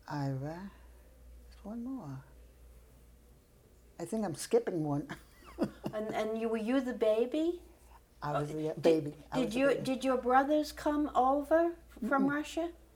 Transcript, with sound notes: Ira. There's one more. I think I'm skipping one. [laughs]
And — and you — were you the baby?
I was the y — baby. I was —
Did — did your — did your brothers come over from Russia?